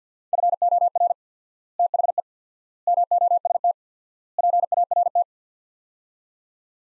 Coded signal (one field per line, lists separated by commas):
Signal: Morse code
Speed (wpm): 50 wpm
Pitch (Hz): 700 Hz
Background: none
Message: FOR THE MOST PART